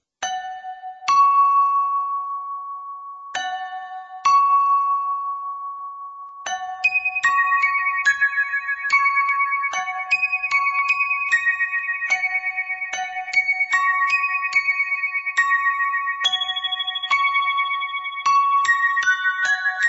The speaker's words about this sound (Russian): Запомните, милорд, вы вступаете три раза, слегка дергая веревку и раскачивая колокол. Затем перерыв и снова повторяете то же самое, плюс один удар.